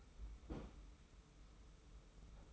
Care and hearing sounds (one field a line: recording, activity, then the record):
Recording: daily activity, microphone in the room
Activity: place on stove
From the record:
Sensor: 1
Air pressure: 991.0 hPa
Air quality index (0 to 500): 91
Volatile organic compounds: 32 ppm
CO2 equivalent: 3004 ppm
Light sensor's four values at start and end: 36/117/46/47 and 36/117/46/47